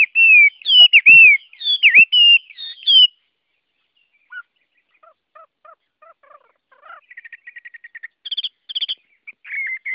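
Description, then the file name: Chinese hwamei song: loud, slurred, wavering whistles for three seconds, a pause, then soft spaced notes, a quick trill and high paired pulses. Song in the style called "giọng rừng" (forest voice). "Tieng hoa mi hot giong rung"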